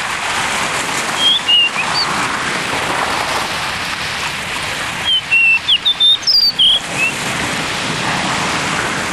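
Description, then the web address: Blue rock thrush song: a few whistled notes early on, then a lively phrase of several clear, sliding whistles, all over constant rain-like or surf-like hiss. "sikioto. isohiyodori"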